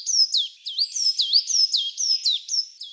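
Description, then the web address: Coal tit: high thin notes, each swooping down then flicking up sharply, repeated in a steady series. "Parus ater"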